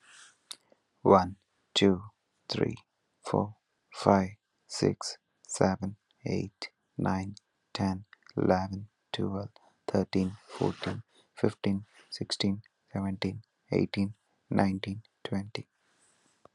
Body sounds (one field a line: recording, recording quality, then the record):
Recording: counting at a normal pace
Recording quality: excellent, no background noise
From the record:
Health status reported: healthy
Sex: male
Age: 27 years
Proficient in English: yes